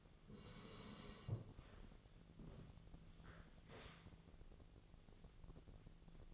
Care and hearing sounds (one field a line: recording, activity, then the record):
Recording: daily activity, microphone in the room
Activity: sit down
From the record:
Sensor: 4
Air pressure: 1001.2 hPa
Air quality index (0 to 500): 182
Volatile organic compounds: 2 ppm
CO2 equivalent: 1304 ppm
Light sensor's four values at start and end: 14/33/14/14 and 14/33/14/14